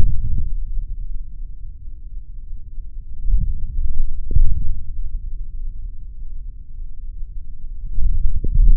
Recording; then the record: forearm muscle sounds (acoustic myography)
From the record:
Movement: forearm pronation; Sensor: system 3, bracelet of six PUI Audio POM-2738L microphones around the upper forearm, with dedicated amplification and filtering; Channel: 4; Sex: male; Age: 26 years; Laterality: right